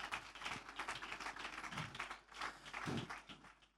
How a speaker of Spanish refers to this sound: Fuerte ese aplauso, hermano, fuerte. Aleluya.